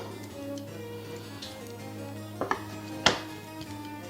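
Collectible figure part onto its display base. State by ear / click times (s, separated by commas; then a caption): seated / 3.1 s. A PVC/ABS Son Goku & Bike Desktop Real McCoy EX collectible figure assembly is pressed onto its plastic display base over a steady tonal background. Faint plastic taps at about 2.4 and 2.5 s lead to a sharp, bright snap at 3.1 s as the piece seats. The figure fits together perfectly on its base.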